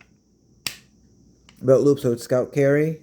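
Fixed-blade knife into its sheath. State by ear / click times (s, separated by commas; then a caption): seated / 0.7 s. A small fixed-blade knife is pushed back into its sheath until the retention seats with a sharp, short click at 0.7 s. Someone then talks.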